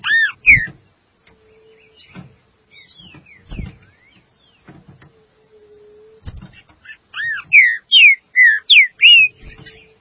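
Green-winged saltator singing in loud bursts of clear, slurred whistles, rising and falling, with quieter clicks and a faint steady hum in the pauses.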